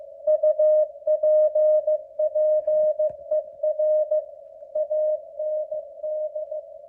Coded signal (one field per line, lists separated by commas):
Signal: Morse code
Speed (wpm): 16 wpm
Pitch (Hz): 610 Hz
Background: none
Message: UPPER AND